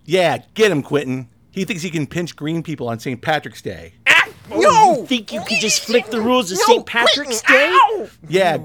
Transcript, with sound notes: Yeah, get him, Quentin! He thinks he can pinch green people on St. Patrick's day.
[Struggle sound effects.] You think you can just flip the rules of St. Patrick's day?
Yeah!